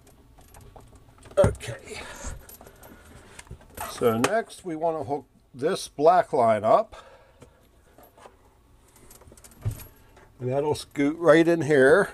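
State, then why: Not seated. A black pull-down sprayer hose is handled and lined up with the quick-connect fitting of a camper's kitchen faucet, ready to be pushed in. Someone talks over light jangling and rattling handling noises. Nothing has seated or clicked yet.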